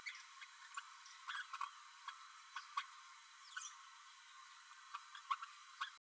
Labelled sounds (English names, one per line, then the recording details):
Green-rumped Parrotlet babbling
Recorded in a nest box in Venezuela
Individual 18B12A3